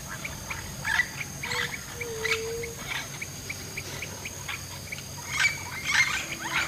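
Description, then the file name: Grey parrot whistles and chirps, short sharp notes and a drawn-out lower whistle, over a constant high insect buzz. "Papagaio Cinzento"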